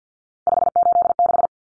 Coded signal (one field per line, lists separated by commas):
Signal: Morse code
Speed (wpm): 49 wpm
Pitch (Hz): 700 Hz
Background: none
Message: 586